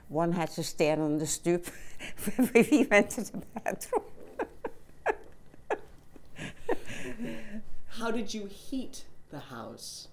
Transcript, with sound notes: One had to stand on the stoop (she laughs) when we went to the bathroom. (she laughs)
How did you heat the house?